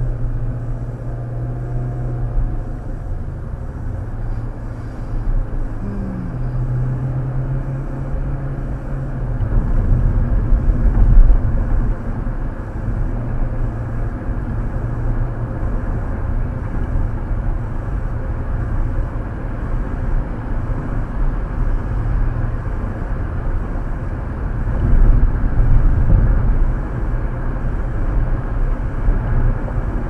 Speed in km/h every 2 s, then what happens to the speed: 60, 64, 68, 74, 82, 87, 92, 98, 101, 103, 106, 109, 111, 114, 116.
0-30 speeds up to 116.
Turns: none.